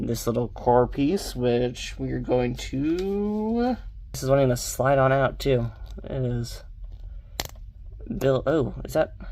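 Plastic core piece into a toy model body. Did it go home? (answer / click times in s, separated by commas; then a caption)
yes / 7.4 s. A small plastic core piece is pushed into the body of a Crossfight B-Daman CB-38 Drift Peacock model kit while someone talks. A sharp, loud click sounds at 7.4 s as the core piece seats properly in place.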